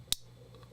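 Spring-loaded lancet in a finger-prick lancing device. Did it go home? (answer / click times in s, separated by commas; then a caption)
released / 0.1 s. A spring-loaded lancing device held against a fingertip fires when its lever is pressed, shooting out the lancet. A single sharp, bright click sounds at 0.1 s, followed by two faint ticks near 0.6 s over a low steady hum. The lancet is released, and a drop of blood follows.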